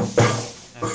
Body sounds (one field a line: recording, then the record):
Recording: coughing mixed with background sound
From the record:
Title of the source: Cough Around the Clock!